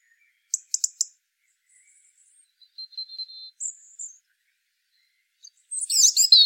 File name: Erithacus rubecula